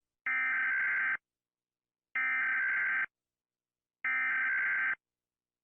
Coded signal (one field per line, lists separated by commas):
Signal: Emergency Alert System (SAME) tones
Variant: header bursts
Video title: Rating EAS Alarms